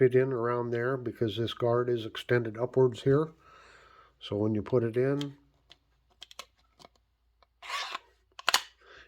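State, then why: Seated. Someone talks while sliding a small Dispatch fixed-blade knife (DP0104-PB) into its molded sheath, where raised retention pieces hold the upward-extended guard. After a few faint ticks near 6.2–6.4 s and a brief scraping slide, the knife snaps sharply into place at 8.5 s. It is fully seated, though it rattles a bit once in.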